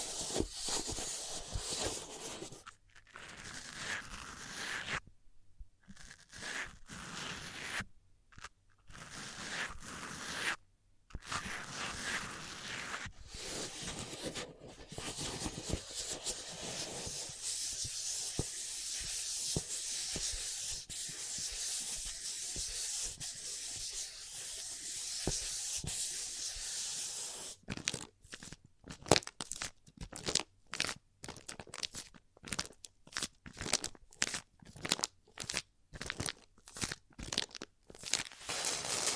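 ASMR triggers: dense, bright scratching and rubbing textures, like sanding or crinkling, run through most of the clip. Early on they break into short bursts with silent gaps, and after about 27 seconds they turn into quick, rhythmic tapping-like strokes.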